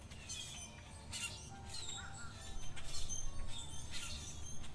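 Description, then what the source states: Birds squawk and chirp in irregular bursts that grow busier toward the end, over a low background rumble. Birds chirping at Zoo Miami.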